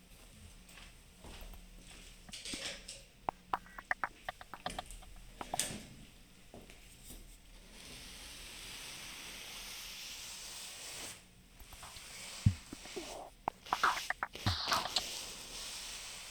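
Indoors in a workshop, a steady hiss runs under scattered knocks, clicks and handling sounds, with sharper clatters clustering near the end.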